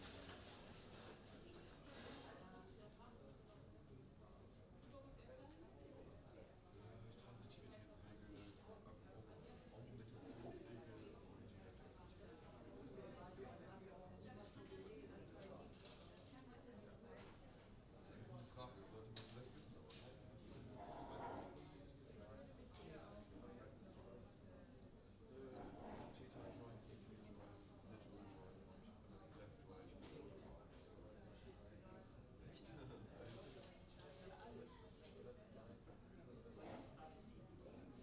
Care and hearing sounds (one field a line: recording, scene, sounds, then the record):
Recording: everyday scene through a hearing-aid microphone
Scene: many people talking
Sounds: many voices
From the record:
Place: university cafeteria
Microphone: in the ear canal, right